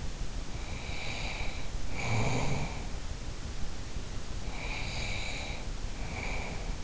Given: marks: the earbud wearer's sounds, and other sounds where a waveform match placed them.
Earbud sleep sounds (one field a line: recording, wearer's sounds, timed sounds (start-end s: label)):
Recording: sounds in sleep by an in-ear microphone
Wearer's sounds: snoring breath, breath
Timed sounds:
0.45-2.92 s: snoring breath
4.44-6.83 s: breath